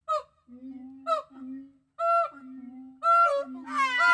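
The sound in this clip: Gibbon calls: sustained low hoots alternating with short, higher notes, building at the end into strong, rich whoops.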